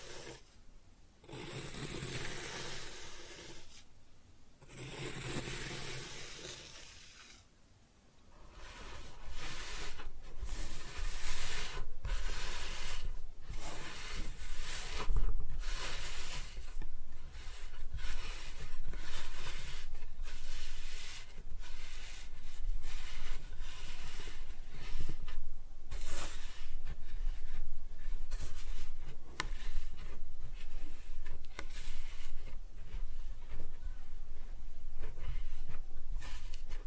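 Kinetic sand being cut and scooped, a dry, grainy crunching and rubbing. The first eight seconds bring a few separate swipes with short pauses between; after that the scraping runs almost continuously, with frequent soft crunches recurring every second or so.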